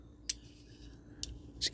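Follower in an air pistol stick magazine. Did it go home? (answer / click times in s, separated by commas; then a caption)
yes / 0.3 s. The spring-loaded follower in the stick magazine of an Umarex Heckler and Koch VP9 air pistol, fitted with a rubber ball spring that gives more tension than the paintball spring, is pulled down for loading. It locks into place with a sharp click at 0.3 s. Two more short ticks follow near 1.2 s and 1.6 s over a quiet background.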